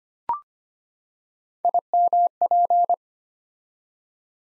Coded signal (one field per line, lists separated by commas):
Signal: Morse code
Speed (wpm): 25 wpm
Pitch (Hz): 700 Hz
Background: none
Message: IMP